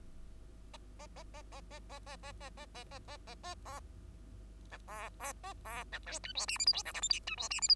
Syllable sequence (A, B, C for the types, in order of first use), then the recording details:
A A A A A A A A A A A A A A A A B C C A C B D E F G H I J K L M N E F G H I. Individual Bird2